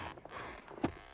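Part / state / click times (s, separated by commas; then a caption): vehicle seat belt retractor tightening around infant car seat / seated / 0.8 s. Someone pushes their body weight into an infant car seat installed without its base, swaying it side to side while pulling the vehicle's shoulder belt. Over soft rustling and faint taps, the locked seat belt retracts and gives one sharp click at 0.8 s. The belt has ratcheted back in, meaning the car seat is getting tighter.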